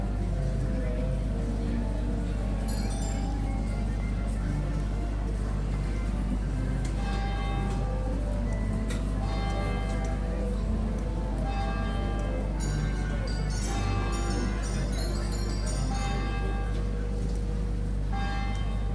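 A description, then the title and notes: A busy market and funfair, with a steady low engine-like drone running underneath throughout. Bright ringing, bell-like tones and jangly ride music come in bursts, busiest from about twelve to seventeen seconds, with faint voices mixed into the constant, dense crowd noise. Market and funfair, Chesterfield, UK in April 2023 – by Larrie Knights. At the bustling Chesterfield flea market, I was immersed in the vibrant sounds of a funfair.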